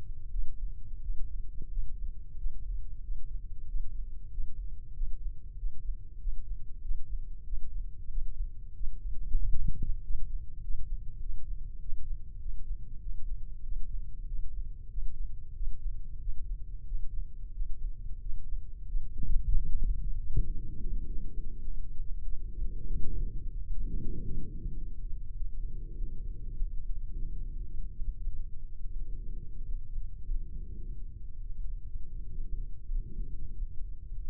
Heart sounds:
heart sounds by microphone in the left ear; 96 bpm
0.27 s: heartbeat
0.98 s: heartbeat
1.66 s: heartbeat
2.33 s: heartbeat
2.99 s: heartbeat
3.63 s: heartbeat
4.27 s: heartbeat
4.90 s: heartbeat
5.53 s: heartbeat
6.16 s: heartbeat
6.78 s: heartbeat
7.41 s: heartbeat
8.05 s: heartbeat
8.71 s: heartbeat
9.36 s: heartbeat
9.98 s: heartbeat
10.57 s: heartbeat
11.17 s: heartbeat
11.76 s: heartbeat
12.36 s: heartbeat
12.97 s: heartbeat
13.59 s: heartbeat
14.22 s: heartbeat
14.86 s: heartbeat
15.51 s: heartbeat
16.16 s: heartbeat
16.82 s: heartbeat
17.49 s: heartbeat
18.17 s: heartbeat
18.84 s: heartbeat
19.49 s: heartbeat
20.12 s: heartbeat
20.73 s: heartbeat
21.33 s: heartbeat
21.94 s: heartbeat
22.53 s: heartbeat
23.10 s: heartbeat
23.63 s: heartbeat
24.17 s: heartbeat
24.72 s: heartbeat
25.31 s: heartbeat
25.94 s: heartbeat
26.53 s: heartbeat
27.10 s: heartbeat
27.68 s: heartbeat
28.29 s: heartbeat
28.96 s: heartbeat
29.61 s: heartbeat
30.23 s: heartbeat
30.88 s: heartbeat
31.54 s: heartbeat
32.22 s: heartbeat
32.84 s: heartbeat
33.45 s: heartbeat
34.06 s: heartbeat
From the record:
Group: healthy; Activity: breath hold 0-20 s, rest 20-34 s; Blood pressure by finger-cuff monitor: 120/88 mmHg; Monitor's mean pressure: 98 mmHg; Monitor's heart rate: 96 bpm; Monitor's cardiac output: 6.5 L/min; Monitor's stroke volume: 68 mL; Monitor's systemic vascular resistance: 1120 dyn s/cm5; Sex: male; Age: 21 years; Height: 180 cm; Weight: 67.5 kg

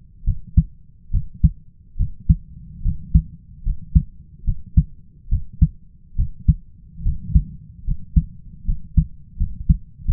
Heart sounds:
heart sounds by stethoscope; 73 bpm
0.24 s: heartbeat
1.11 s: heartbeat
1.96 s: heartbeat
2.82 s: heartbeat
3.63 s: heartbeat
4.44 s: heartbeat
5.29 s: heartbeat
6.16 s: heartbeat
7.03 s: heartbeat
7.84 s: heartbeat
8.65 s: heartbeat
9.37 s: heartbeat
10.05 s: heartbeat
From the record:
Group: healthy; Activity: rest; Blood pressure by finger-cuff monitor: 123/73 mmHg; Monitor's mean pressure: 85 mmHg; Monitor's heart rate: 72 bpm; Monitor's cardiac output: 5.1 L/min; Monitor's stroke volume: 73 mL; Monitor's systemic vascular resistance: 1220 dyn s/cm5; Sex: male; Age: 20 years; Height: 167 cm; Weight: 61 kg

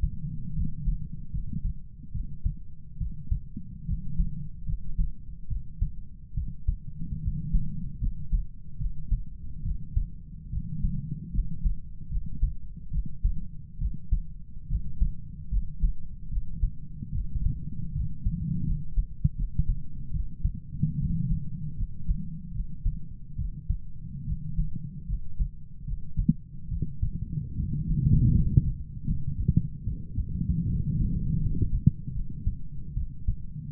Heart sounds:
heart sounds by stethoscope; 74 bpm
0.55 s: heartbeat
1.32 s: heartbeat
2.13 s: heartbeat
2.99 s: heartbeat
3.86 s: heartbeat
4.66 s: heartbeat
5.49 s: heartbeat
6.35 s: heartbeat
7.21 s: heartbeat
8.00 s: heartbeat
8.79 s: heartbeat
9.64 s: heartbeat
10.51 s: heartbeat
11.32 s: heartbeat
12.10 s: heartbeat
12.92 s: heartbeat
13.79 s: heartbeat
14.68 s: heartbeat
15.50 s: heartbeat
16.30 s: heartbeat
17.13 s: heartbeat
17.93 s: heartbeat
18.65 s: heartbeat
19.36 s: heartbeat
20.12 s: heartbeat
20.99 s: heartbeat
21.76 s: heartbeat
22.53 s: heartbeat
23.37 s: heartbeat
24.26 s: heartbeat
25.07 s: heartbeat
25.86 s: heartbeat
26.70 s: heartbeat
27.56 s: heartbeat
28.33 s: heartbeat
29.06 s: heartbeat
29.85 s: heartbeat
30.67 s: heartbeat
31.40 s: heartbeat
32.14 s: heartbeat
32.95 s: heartbeat
From the record:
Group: healthy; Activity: cold pressor test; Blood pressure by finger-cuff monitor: 113/51 mmHg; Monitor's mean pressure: 71 mmHg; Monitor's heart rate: 74 bpm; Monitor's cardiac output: 7.8 L/min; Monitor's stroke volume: 108 mL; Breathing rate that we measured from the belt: 18 breaths a minute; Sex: female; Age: 22 years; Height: 160 cm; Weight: 63 kg

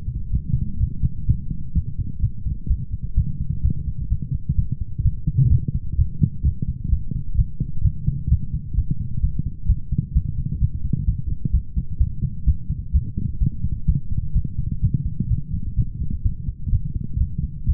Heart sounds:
heart sounds by stethoscope; 128 bpm
0.31 s: heartbeat
0.79 s: heartbeat
1.26 s: heartbeat
1.74 s: heartbeat
2.21 s: heartbeat
2.69 s: heartbeat
3.16 s: heartbeat
3.63 s: heartbeat
4.10 s: heartbeat
4.56 s: heartbeat
5.03 s: heartbeat
5.50 s: heartbeat
5.97 s: heartbeat
6.44 s: heartbeat
6.90 s: heartbeat
7.37 s: heartbeat
7.83 s: heartbeat
8.29 s: heartbeat
8.76 s: heartbeat
9.22 s: heartbeat
9.68 s: heartbeat
10.14 s: heartbeat
10.60 s: heartbeat
11.06 s: heartbeat
11.52 s: heartbeat
11.99 s: heartbeat
12.46 s: heartbeat
12.93 s: heartbeat
13.40 s: heartbeat
13.87 s: heartbeat
14.34 s: heartbeat
14.81 s: heartbeat
15.29 s: heartbeat
15.76 s: heartbeat
16.23 s: heartbeat
16.71 s: heartbeat
17.19 s: heartbeat
17.66 s: heartbeat
From the record:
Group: healthy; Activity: light exercise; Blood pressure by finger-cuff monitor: 184/116 mmHg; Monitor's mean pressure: 134 mmHg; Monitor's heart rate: 130 bpm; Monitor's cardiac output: 10.8 L/min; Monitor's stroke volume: 84 mL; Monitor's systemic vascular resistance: 940 dyn s/cm5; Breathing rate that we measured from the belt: 28 breaths a minute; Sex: male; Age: 24 years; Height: 184 cm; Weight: 89 kg

